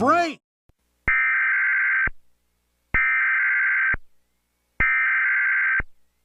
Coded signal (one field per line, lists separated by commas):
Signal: Emergency Alert System (SAME) tones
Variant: header bursts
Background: speech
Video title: Emergency alert system pbs kids New York 6/17/18￼